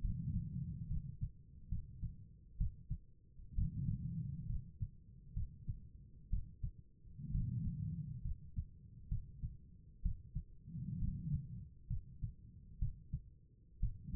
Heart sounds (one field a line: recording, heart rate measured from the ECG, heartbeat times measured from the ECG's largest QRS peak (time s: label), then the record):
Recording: heart sounds by stethoscope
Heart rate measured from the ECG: 65 bpm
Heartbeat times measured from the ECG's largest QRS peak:
0.01 s: heartbeat
0.88 s: heartbeat
1.69 s: heartbeat
2.58 s: heartbeat
3.55 s: heartbeat
4.47 s: heartbeat
5.34 s: heartbeat
6.30 s: heartbeat
7.31 s: heartbeat
8.22 s: heartbeat
9.09 s: heartbeat
10.02 s: heartbeat
10.99 s: heartbeat
11.88 s: heartbeat
12.79 s: heartbeat
13.80 s: heartbeat
From the record:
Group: healthy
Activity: rest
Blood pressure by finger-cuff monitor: 101/64 mmHg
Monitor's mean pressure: 74 mmHg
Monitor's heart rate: 66 bpm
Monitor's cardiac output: 5 L/min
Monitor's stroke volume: 76 mL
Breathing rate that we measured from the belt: 17 breaths a minute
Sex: female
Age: 36 years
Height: 163 cm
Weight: 88 kg